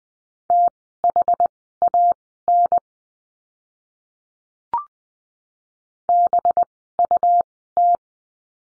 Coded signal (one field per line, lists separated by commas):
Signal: Morse code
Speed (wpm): 20 wpm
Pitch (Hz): 700 Hz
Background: none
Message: THAN BUT